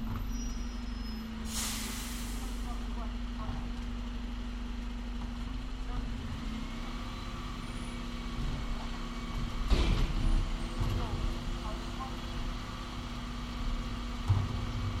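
A bin lorry idles with a steady low engine hum, a hiss of air around two seconds, and clanks near ten and fourteen seconds.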